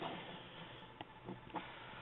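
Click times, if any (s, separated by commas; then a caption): none. A plastic part of a Universe/Classics 2.0 Sunstreaker toy is pushed firmly into the toy's body to lock it in, over a steady hiss that cuts off above about 4 kHz. A few brief handling knocks sound near 1.0, 1.3 and 1.6 seconds. The part has not seated or clicked yet.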